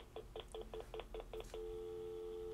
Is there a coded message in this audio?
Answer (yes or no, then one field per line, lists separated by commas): no